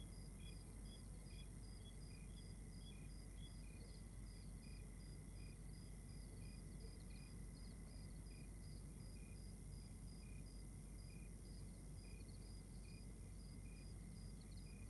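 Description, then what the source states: Overlapping crickets chirp continuously in quick, regular high pulses through the whole stretch, with a sustained thin tone and deep rumbling noise below. Outdoor night ambience in Rwanda.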